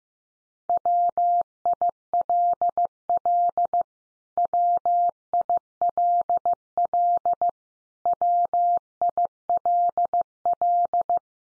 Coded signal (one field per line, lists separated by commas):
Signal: Morse code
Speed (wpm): 15 wpm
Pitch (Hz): 700 Hz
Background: none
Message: WILL WILL WILL